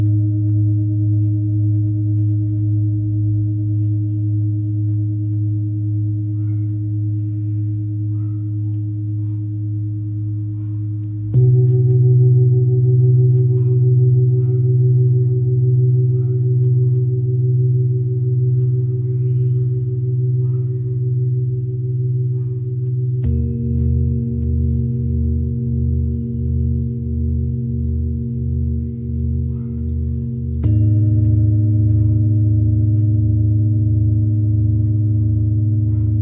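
A Tibetan singing bowl hums low and steady, its sustained tone shifting pitch at about 11, 23 and 31 seconds, with faint soft clicks.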